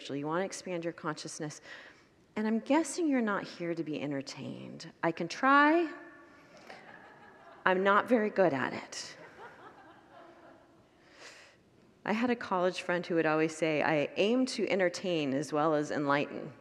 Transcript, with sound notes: You want to expand your consciousness. And I’m guessing you’re not here to be entertained. I can try. [Congregants laugh] I’m not very good at it. I had a college friend who would always say, “I aim to entertain as well as enlighten.”